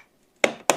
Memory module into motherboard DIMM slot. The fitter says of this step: Should hear a click